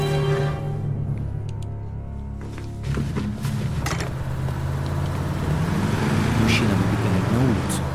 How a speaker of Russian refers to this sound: Смотрит на уезжающую машину.